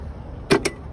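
At a petrol station, a fuel filler cap is screwed shut into a car's filler neck, turned until its torque ratchet clicks, since it has to be closed until it clicks. Over a low steady background, two sharp clicks ring out at 0.5 s and 0.7 s, and the cap is fully tightened.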